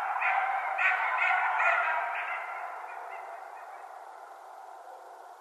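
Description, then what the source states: Coyotes give a burst of rapid barking yips that fade out into a softer trailing howl over the last few seconds. Several coyotes recorded at night on 16 January 2012.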